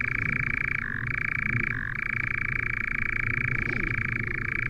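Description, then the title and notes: European nightjar giving an unbroken rattling churr, briefly switching to a lower tone twice in the first two seconds, then running steadily at the higher pitch. "Lyden av en nattravn by forskningno"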